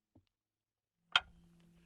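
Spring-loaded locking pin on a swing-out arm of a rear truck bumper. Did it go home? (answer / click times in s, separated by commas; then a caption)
yes / 1.2 s. A lever under a Brute Force Fab steel rear bumper on a 2006 Toyota Tundra is pulled and the swing-out arm is swung open. After a faint short sound near 0.2 s, a spring-loaded pin snaps into its locking hole with a sharp metallic click at 1.2 s, followed by a low steady hum. The swing-out arm is seated and locked open.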